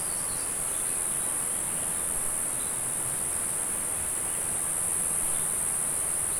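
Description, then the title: A cicada keeps up a constant shrill whine at an unchanging pitch, over background noise. "neoscenes: cicadas and more"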